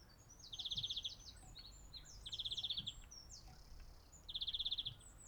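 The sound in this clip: Greenfinch with three quick pulsed trills roughly two seconds apart, mixed with high descending notes.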